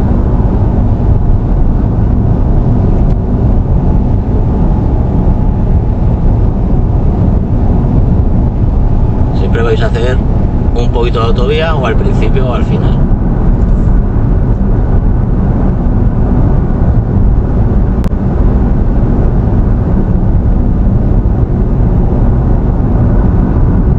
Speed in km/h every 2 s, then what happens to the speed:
92, 93, 92, 91, 91, 90, 89, 88, 87, 89, 89, 90.
0-24 steady at about 90.